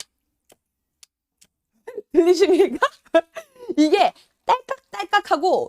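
A plastic section of a water-jet mop handle is pushed into the next handle section and clicks together at 0.0 s, leaving the sections connected. A few faint ticks follow in the quiet first two seconds, then someone talks for the rest of the clip.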